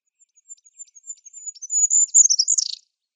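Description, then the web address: Goldcrest song, starting with soft, spaced high notes that quicken and swell into a dense, very high-pitched twittering with a closing flourish. "Schulze Peter Goldcrest song"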